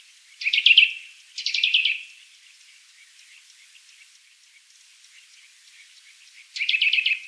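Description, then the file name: Eurasian nuthatch utters three bursts of rapid, sharp, high notes, two close together early and one after a long quiet gap. "Sitta europaea"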